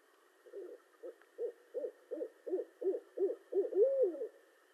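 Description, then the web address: Barred owl giving a series of short hoots that swell in loudness, finishing with a longer slurred hoot, a faint steady hum underneath. Recorded 18 March 2012. "Barred Owl 2012 03 18"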